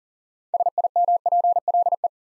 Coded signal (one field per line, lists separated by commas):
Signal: Morse code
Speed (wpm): 41 wpm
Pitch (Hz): 700 Hz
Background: none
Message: SIMPLE